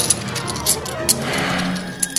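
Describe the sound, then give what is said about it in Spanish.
Several bright metallic clinks of coins being handed over, sharp and irregular, with a soft rustle and low murmur underneath. “Tengan estas monedas.”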